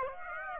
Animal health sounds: mosquito wingbeat signal from an infrared sensor; Aedes aegypti

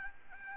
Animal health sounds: mosquito wingbeat signal from an infrared sensor; Aedes aegypti

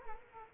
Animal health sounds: mosquito wingbeat signal from an infrared sensor; Culex quinquefasciatus

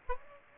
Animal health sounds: mosquito wingbeat signal from an infrared sensor; Aedes aegypti

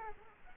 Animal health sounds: mosquito wingbeat signal from an infrared sensor; Culex quinquefasciatus

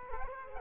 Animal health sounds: mosquito wingbeat signal from an infrared sensor; Culex quinquefasciatus

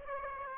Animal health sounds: mosquito wingbeat signal from an infrared sensor; Aedes aegypti

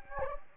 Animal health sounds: mosquito wingbeat signal from an infrared sensor; Anopheles gambiae

